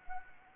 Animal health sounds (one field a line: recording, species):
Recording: mosquito wingbeat signal from an infrared sensor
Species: Anopheles arabiensis